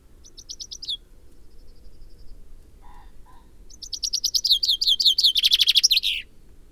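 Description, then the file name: Common Chaffinch song: a brief trill fragment, a few soft lower notes, then a full cascading trill closing with an emphatic flourish. "Fringilla coelebs"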